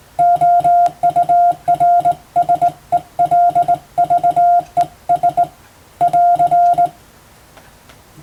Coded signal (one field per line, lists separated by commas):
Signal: Morse code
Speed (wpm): 20 wpm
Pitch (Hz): 700 Hz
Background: music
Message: OURSELVES <AR>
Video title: 【Radio operator morse practice】This is a Morse code practice video. There is a morse exam in japan.